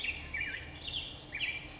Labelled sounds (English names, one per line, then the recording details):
Black-headed Grosbeak
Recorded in Sonoma County, California